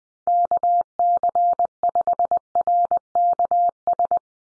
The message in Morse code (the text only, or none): KC5RKS